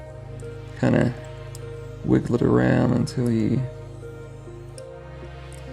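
A metal tab on a metal Transformers Tarn model kit piece for the back and head is wiggled around toward its slot, with soft music playing underneath while someone talks. Nothing has seated or clicked yet; the tab has not popped in by the end of the clip.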